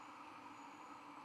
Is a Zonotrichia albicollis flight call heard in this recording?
no